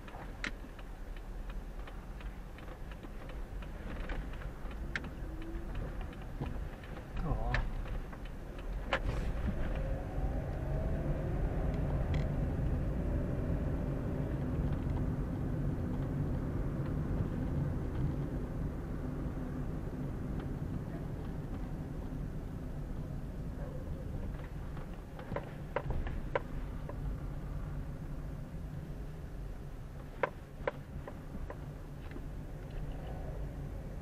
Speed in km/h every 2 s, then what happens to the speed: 3, 4, 5, 5, 8, 18, 26, 29, 30, 28, 25, 18, 15, 16, 13, 12, 13.
0-7 steady at about 4. 7-15 speeds up to 30. 15-24 slows to 15. 24-34 steady at about 13.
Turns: none.